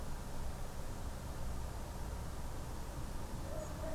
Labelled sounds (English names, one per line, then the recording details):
European Robin
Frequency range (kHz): European Robin 6.6-8.2 kHz
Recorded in France